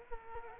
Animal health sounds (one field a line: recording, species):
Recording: mosquito wingbeat signal from an infrared sensor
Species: Culex quinquefasciatus